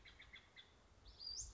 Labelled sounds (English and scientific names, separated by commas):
Western Flycatcher (Empidonax difficilis)